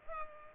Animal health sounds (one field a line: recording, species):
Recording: mosquito wingbeat signal from an infrared sensor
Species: Culex pipiens